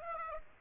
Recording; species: mosquito wingbeat signal from an infrared sensor; Aedes aegypti